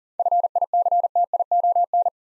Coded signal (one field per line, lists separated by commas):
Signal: Morse code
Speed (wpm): 38 wpm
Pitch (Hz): 700 Hz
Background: none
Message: FICTION